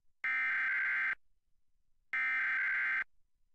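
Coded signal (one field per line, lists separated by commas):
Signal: Emergency Alert System (SAME) tones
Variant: header bursts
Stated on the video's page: Required monthly EAS tests from Utah, Kern and Los Angeles.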